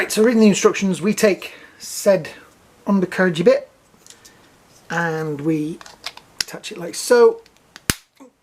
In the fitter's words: and it clicks.